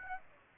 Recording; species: mosquito wingbeat signal from an infrared sensor; Aedes aegypti